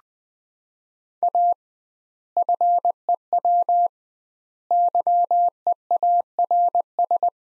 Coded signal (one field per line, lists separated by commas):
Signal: Morse code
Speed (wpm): 20 wpm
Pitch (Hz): 700 Hz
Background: none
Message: A FEW YEARS